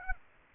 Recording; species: mosquito wingbeat signal from an infrared sensor; Aedes aegypti